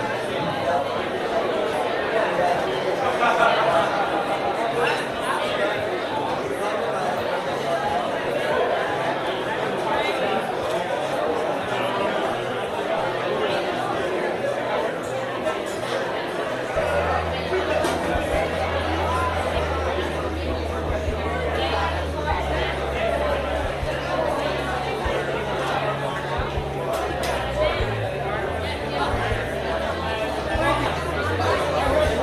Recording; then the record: background sound without coughing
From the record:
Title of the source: CITY SOUNDS Busy Bar in the Evening Night - 2 HOURS of Ambiance for Relaxation